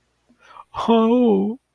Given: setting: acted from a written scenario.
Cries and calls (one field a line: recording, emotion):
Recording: vocal sound without words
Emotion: elation